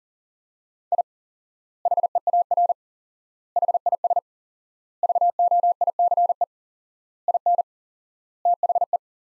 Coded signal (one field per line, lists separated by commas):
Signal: Morse code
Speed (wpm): 40 wpm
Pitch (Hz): 700 Hz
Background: none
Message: I HEAR HIS VOICE IN THE